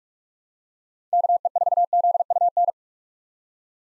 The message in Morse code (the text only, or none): KE4ZUN